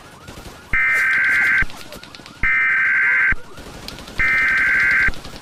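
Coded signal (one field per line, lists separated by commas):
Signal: Emergency Alert System (SAME) tones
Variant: header bursts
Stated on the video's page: Fictional EAS scenario, not a real alert.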